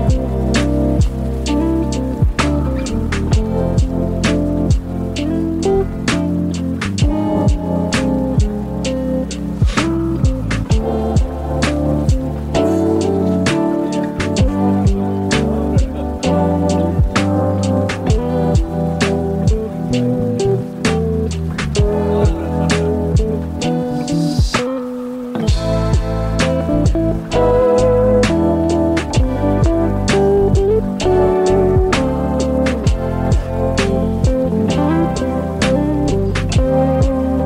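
Steady, full coffee shop music with a regular beat and warm low bass plays throughout, briefly dropping out around twenty-five seconds.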